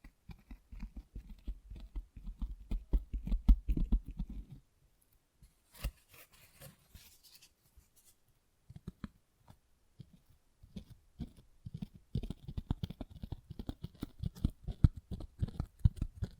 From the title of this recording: Tingly Textures Tapping and Scratching